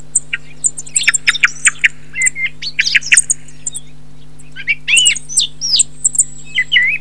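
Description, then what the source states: Thrush singing in bursts of sharp clicks and high notes, a short pause, then a string of rising and falling whistled slurs, with a constant low hum underneath. Recording filtered.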